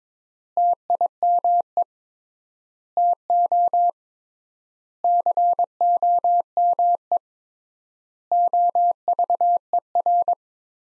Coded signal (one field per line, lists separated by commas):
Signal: Morse code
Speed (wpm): 22 wpm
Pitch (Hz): 700 Hz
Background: none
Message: TIME TO COME OVER